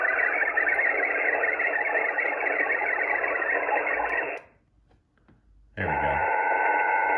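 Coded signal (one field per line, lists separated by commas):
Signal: HF data modem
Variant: VARA HF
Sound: dense steady hiss-like digital burst about four seconds, pause, then another burst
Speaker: that's fast i already connected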